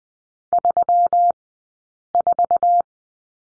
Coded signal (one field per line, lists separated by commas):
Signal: Morse code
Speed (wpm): 20 wpm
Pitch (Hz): 700 Hz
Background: none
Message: 34